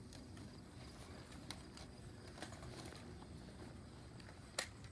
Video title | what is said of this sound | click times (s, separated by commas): Speedy Tent Setup and Takedown | all the way up you'll hear it click into place all right | 4.6 s